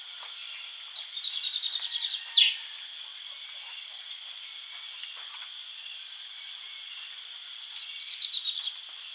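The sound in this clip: Variable sunbird song: two bursts of rapid, high twittering trills, each about a second long, with thin high notes between them over a steady insect-like hiss.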